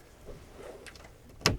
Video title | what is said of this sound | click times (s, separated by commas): Cruiser #2: What issues has the CAR WIZARD found on his '93 Bayliner? What mods has the Missus done? | snap into place and voila | 1.5 s